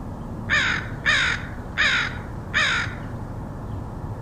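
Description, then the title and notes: Crow producing four harsh caws in fairly even succession, then quiet low rumble for the last second or so. Crows recorded in Portland, Oregon, in August 2003. "Crows of Portland. Crows recorded by Dan Bodah in Portland, OR, August 2003"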